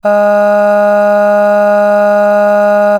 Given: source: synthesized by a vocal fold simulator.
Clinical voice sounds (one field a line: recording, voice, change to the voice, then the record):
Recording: sustained vowel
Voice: female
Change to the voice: aspiration noise (breathiness), level 5 of 10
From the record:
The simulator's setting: 0.82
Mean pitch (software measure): 206 Hz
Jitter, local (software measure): 0.36%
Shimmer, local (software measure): 3.5%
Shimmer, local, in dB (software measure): 0.30 dB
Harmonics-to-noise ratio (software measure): 24.4 dB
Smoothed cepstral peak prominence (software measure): 16.1 dB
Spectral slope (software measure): -21.9 dB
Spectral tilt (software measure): -7.8 dB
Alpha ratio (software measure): -12.3 dB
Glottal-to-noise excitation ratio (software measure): 0.937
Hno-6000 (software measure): 2.2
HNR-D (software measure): 40.6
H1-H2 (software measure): 9.5 dB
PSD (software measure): 2.6e-05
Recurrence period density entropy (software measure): 0.124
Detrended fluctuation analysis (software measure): 0.0275